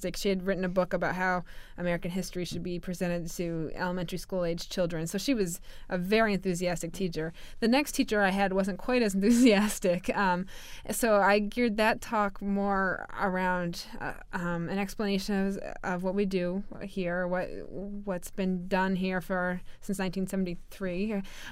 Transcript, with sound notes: She had written a book about how American history should be presented to elementary school age children, so she was a very enthusiastic teacher. The next teacher I had wasn't quite as enthusiastic. (she laughs) So, I geared that talk more around an explanation of what we do here, what's been done here for, since 1973,